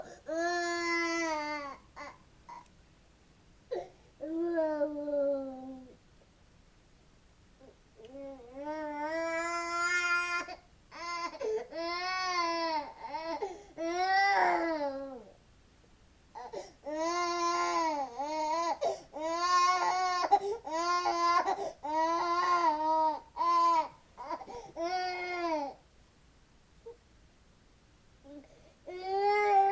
Baby cry.